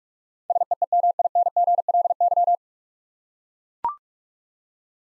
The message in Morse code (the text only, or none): SEEMINGLY